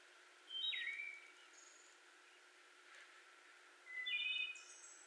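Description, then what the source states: Wood Thrush delivering two liquid whistled phrases, each ending in a high trilled flourish, with a quiet gap between them. Recorded 18 May 2021.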